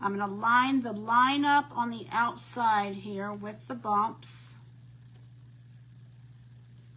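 A plastic yo-yo maker disc is lined up by its line with the bumps on the outside of its base, ready to be pressed home. Someone talks through most of the clip, then only a low steady hum remains. Nothing has seated or clicked yet.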